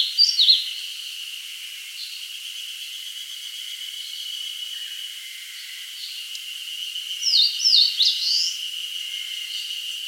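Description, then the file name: Eastern crowned warbler: a brief note at the start, then a short phrase of sharp slurred notes, over a steady high insect-like hum. "Phylloscopus coronatus"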